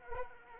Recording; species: mosquito wingbeat signal from an infrared sensor; Anopheles arabiensis